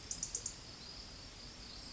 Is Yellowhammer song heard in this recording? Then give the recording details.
no. Another species is heard